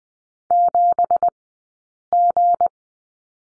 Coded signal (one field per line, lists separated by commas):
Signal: Morse code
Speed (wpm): 20 wpm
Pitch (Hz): 700 Hz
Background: none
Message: 7G